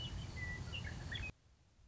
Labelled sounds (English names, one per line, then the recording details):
Western Meadowlark
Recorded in Sonoma County, California